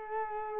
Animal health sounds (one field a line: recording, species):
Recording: mosquito wingbeat signal from an infrared sensor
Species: Culex quinquefasciatus